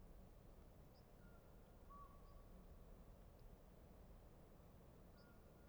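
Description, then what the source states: Pygmy owl hoots: a few faint, flat tones over a steady low rumble and hiss. Pygmy Owls hooting at dawn, hoots echoing across the still waters of Bayley's Lake, Little Pend Oreille National Wildlife Refuge.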